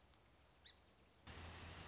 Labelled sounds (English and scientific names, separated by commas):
Song Sparrow (Melospiza melodia)